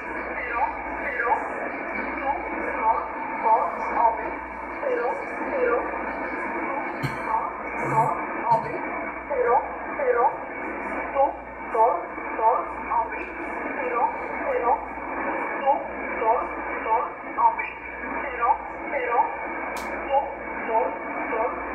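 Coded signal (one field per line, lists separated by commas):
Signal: numbers station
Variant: E11 Oblique, English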